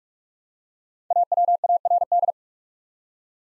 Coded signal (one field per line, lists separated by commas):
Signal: Morse code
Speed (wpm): 44 wpm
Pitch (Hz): 700 Hz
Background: none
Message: AWARD